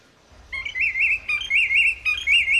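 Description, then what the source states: Willet call: three loud, ringing phrases in quick succession, each a wavering whistled note. Played back as a bird-identification quiz.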